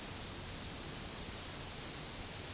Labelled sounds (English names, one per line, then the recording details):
none
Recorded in dense forest near Puerto Asís, Putumayo, Colombia, on 24 March 2025 at 14:00
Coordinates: 0.485, -76.318
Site G056